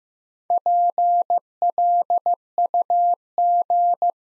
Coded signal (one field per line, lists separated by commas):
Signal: Morse code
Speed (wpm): 15 wpm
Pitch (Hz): 700 Hz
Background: none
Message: PLUG